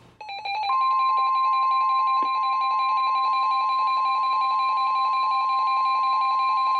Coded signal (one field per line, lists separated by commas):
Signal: Emergency Alert System (SAME) tones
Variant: 1050 Hz attention tone